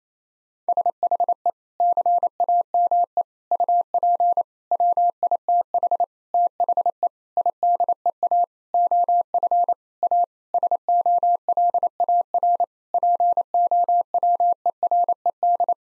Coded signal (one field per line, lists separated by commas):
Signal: Morse code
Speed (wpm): 28 wpm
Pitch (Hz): 700 Hz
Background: none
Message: SHE CAME UP WITH THE IDEA OF A SOLAR POWERED